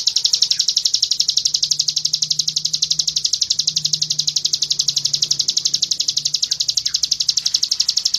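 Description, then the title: Bird producing a steady high pulsed trill, pulses evenly spaced and quick, with a faint low hum in the background. Masteran recording, meaning a training recording used to tutor songbirds. "Suara masteran Burung"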